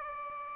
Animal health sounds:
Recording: mosquito wingbeat signal from an infrared sensor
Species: Aedes aegypti

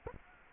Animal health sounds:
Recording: mosquito wingbeat signal from an infrared sensor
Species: Anopheles gambiae

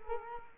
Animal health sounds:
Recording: mosquito wingbeat signal from an infrared sensor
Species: Culex quinquefasciatus

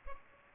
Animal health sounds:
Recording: mosquito wingbeat signal from an infrared sensor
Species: Culex pipiens

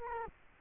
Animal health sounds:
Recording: mosquito wingbeat signal from an infrared sensor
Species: Culex quinquefasciatus

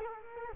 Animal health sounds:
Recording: mosquito wingbeat signal from an infrared sensor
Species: Culex quinquefasciatus

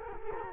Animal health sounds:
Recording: mosquito wingbeat signal from an infrared sensor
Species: Culex quinquefasciatus

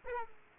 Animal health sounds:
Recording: mosquito wingbeat signal from an infrared sensor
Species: Aedes aegypti

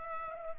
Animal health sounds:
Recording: mosquito wingbeat signal from an infrared sensor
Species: Culex pipiens

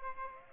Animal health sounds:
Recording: mosquito wingbeat signal from an infrared sensor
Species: Aedes aegypti

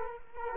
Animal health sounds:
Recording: mosquito wingbeat signal from an infrared sensor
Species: Culex quinquefasciatus

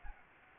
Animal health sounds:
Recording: mosquito wingbeat signal from an infrared sensor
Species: Anopheles gambiae

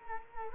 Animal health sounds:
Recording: mosquito wingbeat signal from an infrared sensor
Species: Culex quinquefasciatus

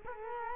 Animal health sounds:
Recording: mosquito wingbeat signal from an infrared sensor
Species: Culex quinquefasciatus

